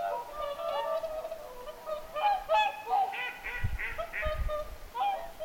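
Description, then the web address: Whooper swans trumpeting, several birds overlapping, and a few low thuds. Whooper swans vocalizing at Lintulahti, 6 November 2025. "paivat 6 11 2025 laulujoutsenten aantelya lintulahdella"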